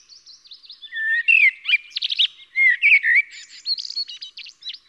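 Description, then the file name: Common blackbird singing: soft, high squeaky notes lead into a loud, fluty warble, more low, mellow notes, then a thin, chattering high twitter. "Turdus merula"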